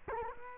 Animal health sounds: mosquito wingbeat signal from an infrared sensor; Culex quinquefasciatus

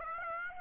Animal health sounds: mosquito wingbeat signal from an infrared sensor; Aedes aegypti

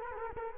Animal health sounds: mosquito wingbeat signal from an infrared sensor; Culex quinquefasciatus

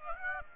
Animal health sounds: mosquito wingbeat signal from an infrared sensor; Aedes aegypti

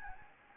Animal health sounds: mosquito wingbeat signal from an infrared sensor; Anopheles gambiae

